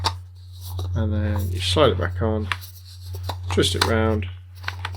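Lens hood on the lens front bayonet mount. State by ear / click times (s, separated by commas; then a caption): not seated / none. A plastic CamRepublic ET-65B lens hood is slid back onto the front bayonet mount of a Canon EF 70-300mm f/4.5-5.6 IS USM lens and twisted round while someone talks over a steady low hum. Brief handling ticks are heard, but nothing has seated or clicked yet.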